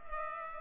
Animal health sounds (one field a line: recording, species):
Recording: mosquito wingbeat signal from an infrared sensor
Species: Culex pipiens